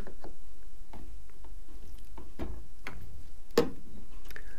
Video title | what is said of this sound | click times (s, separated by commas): Zeolith Heizung defekt - Bosch, Siemens und Neff Geschirrspüler Glasheizkörper tauschen - so geht es | Une fois que nous avons desserré ces petits crochets des deux côtés, nous regardons | 2.9 s, 3.6 s